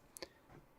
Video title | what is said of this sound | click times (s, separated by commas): Sennheiser Momentum + Momentum 2.0 Comparison and Review | they kind of Click into place and you can feel that | 0.2 s